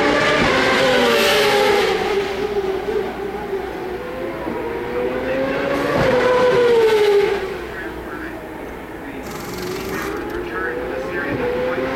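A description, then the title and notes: Turbocharged V8 race cars roar past on a street circuit, their engine notes climbing and falling as they shift through gears. The roar stays loud and continuous, with sharp surges near one second and six seconds, easing after seven seconds beneath a steady hiss. The Sounds of IndyCar, 1999 Vancouver. Incredible sounds from the 2.65-liter turbocharged V8s produced by Ford-Cosworth, Mercedes-Benz, Toyota, and those mighty Hondas. Vancouver street race.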